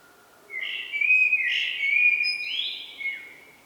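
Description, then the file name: Common blackbird singing a rich, mellow fluted phrase that wavers, with a thin, high squeaky flourish near the end. "Turdus merula"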